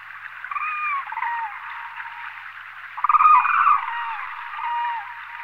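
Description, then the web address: Demoiselle crane calls: a few drawn-out nasal notes, then a louder rough, rattling burst of overlapping calls midway, fading to softer honks, with steady hiss throughout. "anthropoides virgo"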